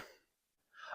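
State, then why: Not seated. A plastic eye mechanism piece is being fitted into a doll's open head shell during reassembly. A soft, breathy burst fades over the first 0.2 s, followed by near silence, then a second breathy burst rises from about 0.7 s to 0.95 s. The piece has not clicked into place because another piece is missing.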